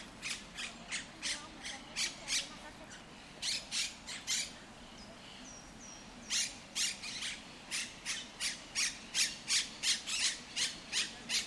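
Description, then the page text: Monk parakeet squawking, rapid harsh screeches with a short pause in the middle, then a dense run of calls; a faint thin whistle briefly heard. Monk Parakeets in El Retiro park, Madrid, Spain; said to be the largest population in Europe. "Cities and Memory - remixing the world. Monk parakeets in Madrid. Madrid has the greatest population of Monk Parakeets in Europe, many of whom can be seen and heard in the El Retiro park"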